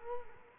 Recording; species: mosquito wingbeat signal from an infrared sensor; Culex quinquefasciatus